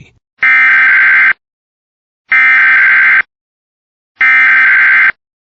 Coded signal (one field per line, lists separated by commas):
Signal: Emergency Alert System (SAME) tones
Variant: header bursts